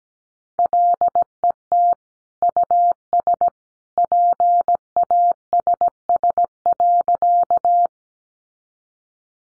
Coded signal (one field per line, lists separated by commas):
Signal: Morse code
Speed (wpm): 17 wpm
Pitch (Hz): 700 Hz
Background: none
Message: LET US PASS.